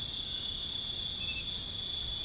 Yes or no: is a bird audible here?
no